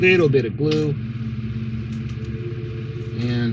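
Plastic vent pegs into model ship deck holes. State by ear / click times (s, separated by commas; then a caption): not seated / none. A plastic vent with one narrow and one wide peg is handled over its holes in the deck of an AGORA Models 1:200 scale RMS Titanic model. Someone talks over a steady tonal hum. The vent has not seated or clicked into the deck yet.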